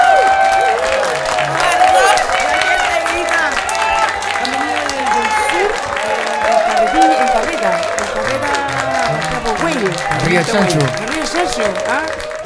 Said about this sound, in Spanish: Un gran aplauso para ellos.